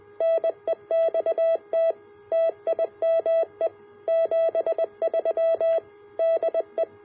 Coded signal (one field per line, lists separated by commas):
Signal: Morse code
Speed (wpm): 20 wpm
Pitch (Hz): 660 Hz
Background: none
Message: NEXT TIME 73 DE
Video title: Building the EGV-9B QRP CW Transceiver Kit